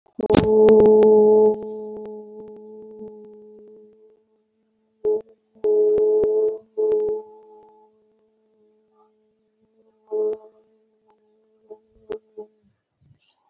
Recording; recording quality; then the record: sustained vowel as in boot; moderate, slight background noise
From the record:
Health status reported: COVID-19 positive, mild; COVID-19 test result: positive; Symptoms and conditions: cough, fatigue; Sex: female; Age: 37 years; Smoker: not ticked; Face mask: worn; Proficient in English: yes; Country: India